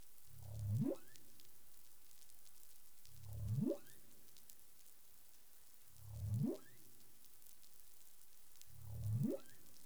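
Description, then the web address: Repeated humpback whale upsweeps, four rising low calls about every three seconds, each swelling then ending on a higher note, amid steady underwater hiss and crackle. Caribbean, recorded 20 April 2021 at 04:02 UTC. "CARIMAM. humpback whale"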